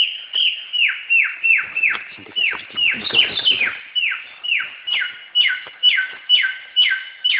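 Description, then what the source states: Samyong repeating clear falling whistles about twice a second, with a patch of crackling noise midway. Recorded in forest.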